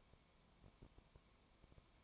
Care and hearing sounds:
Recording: daily activity, microphone in the room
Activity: no activity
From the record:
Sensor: 1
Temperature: 19.1 degrees Celsius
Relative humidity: 34.0%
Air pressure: 1001.3 hPa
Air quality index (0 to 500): 82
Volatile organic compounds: 1 ppm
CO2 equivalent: 818 ppm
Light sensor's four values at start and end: 1/2/1/1 and 1/2/1/1

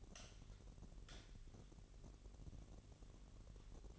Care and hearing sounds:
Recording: daily activity, microphone in the room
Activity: light on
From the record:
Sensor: 4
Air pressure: 1012.7 hPa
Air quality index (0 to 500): 246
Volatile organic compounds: 4 ppm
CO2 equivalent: 1680 ppm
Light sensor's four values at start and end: 14/31/13/13 and 16/41/16/17

